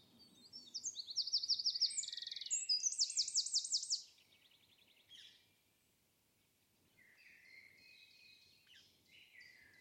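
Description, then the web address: Bird song: fast, high buzzy trills and whistled notes in a loud burst lasting about three seconds, then softer chirps and twittering phrases that follow after a brief pause. "cianscape birddata Deverinetal 2025"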